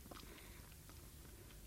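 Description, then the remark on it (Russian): Faint, irregular chewing on a small paper note being chewed up to be swallowed, with soft crinkly crunches and wet mouth clicks over a low background hiss. No one speaks. “Разжевал.”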